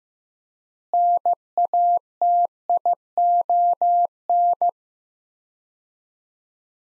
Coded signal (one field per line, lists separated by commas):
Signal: Morse code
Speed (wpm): 15 wpm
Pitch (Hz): 700 Hz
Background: none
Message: NATION